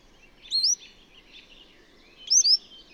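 Bird song: two clear, high whistled sweeping phrases about two seconds apart, with faint warbling between them.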